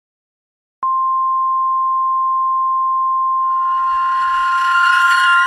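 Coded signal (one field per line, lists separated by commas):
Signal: Emergency Alert System (SAME) tones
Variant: 1050 Hz attention tone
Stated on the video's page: Fictional EAS scenario.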